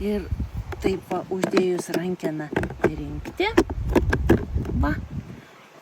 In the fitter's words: jinai neužsifiksuoja labai stipriai ta rankena jau čia neatsigulsi gulėti bet tokia užsideda ir